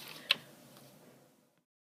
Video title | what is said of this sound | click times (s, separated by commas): Colorful Lines | when I'm done make sure you put that cap on and hear the click | 0.3 s